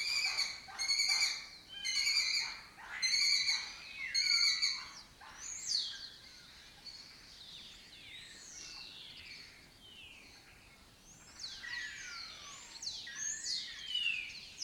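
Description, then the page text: Lesser kestrel chatter: a rhythmic series of harsh, clipped notes about once a second, then many swooping, twittering calls. Colony breeding in an abandoned house complex in Doñana; migratory raptor that forages in West Africa and breeds in southern Europe. "Lesser Kestrels Took Over an Abandoned Building. A migratory raptor wich spends its foraging time in West Africa and breeds in southern Europe. Here in Doñana"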